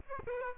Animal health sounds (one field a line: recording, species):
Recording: mosquito wingbeat signal from an infrared sensor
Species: Aedes aegypti